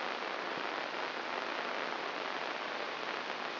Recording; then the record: brain microelectrode recording played as sound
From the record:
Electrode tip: inside the subthalamic nucleus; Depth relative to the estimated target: 0 mm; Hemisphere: left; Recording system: AlphaMap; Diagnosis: Parkinson's disease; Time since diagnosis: 24 years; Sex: female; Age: 57 years